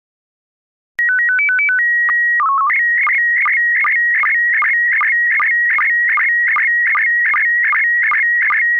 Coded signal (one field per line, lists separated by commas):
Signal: SSTV (slow-scan television)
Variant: PD 50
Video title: Slow Scan Radio, August 15, 2018, Ep. 4